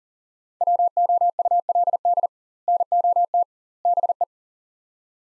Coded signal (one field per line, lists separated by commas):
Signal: Morse code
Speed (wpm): 40 wpm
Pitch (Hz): 700 Hz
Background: none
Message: WOULD NOT BE